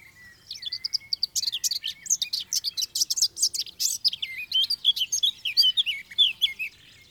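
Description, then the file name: Eurasian blackcap song opening with a thin whistle, then a dense, fast warble of looping whistles and crisp chirps. "Sylvia atricapilla"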